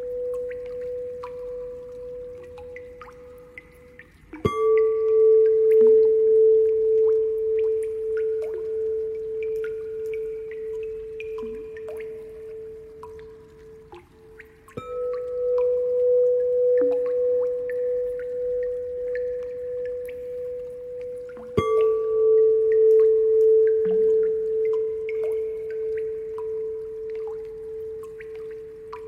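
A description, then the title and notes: A bowl rings with a steady, pure mid-pitched tone that lingers and slowly wavers. It is struck again at about 4, 15 and 21 seconds, each strike swelling the hum. Faint, sparse higher pings, like water drops, scatter throughout. Singing bowl healing Bowl sound water drops Reverberating sound lingering.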